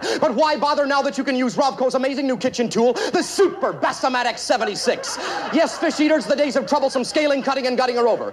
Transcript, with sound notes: But why bother, now that you can use Ronco's amazing new kitchen tool, the Super Bass-O-Matic 76?
(LAUGHTER)
Yes, fish eaters, the days of troublesome scaling, cutting and gutting are over